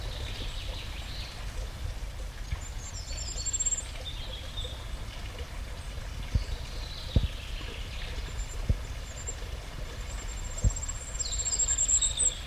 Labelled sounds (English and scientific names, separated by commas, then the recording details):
Common Firecrest (Regulus ignicapilla)
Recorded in the wild
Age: adult
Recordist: Brunner, Thomas
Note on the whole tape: Aufnahme: keine Orts- und Zeitangaben